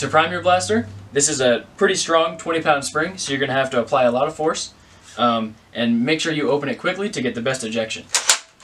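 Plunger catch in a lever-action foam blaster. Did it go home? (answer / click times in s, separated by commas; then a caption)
no / none. Someone talks while handling a foam-dart lever-action blaster whose plastic lever works against a strong 20 lb spring and is to be opened quickly for priming, with a brief sharp sound near 8.6 s at the very end. The clip stops before the plunger catch engages; nothing has clicked or seated yet.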